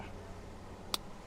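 During a cruise control installation on a Kia Sonnet, a plastic trim clip is pressed home into the steering or dash panel. A single sharp click sounds at 0.9 s over a low, steady background hum, and the clip is seated.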